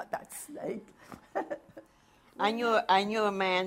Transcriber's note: laughs